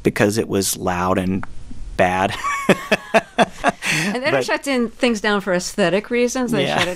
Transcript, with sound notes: Because it was loud and bad (laughter). But...
And they don't shut things down for aesthetic reasons.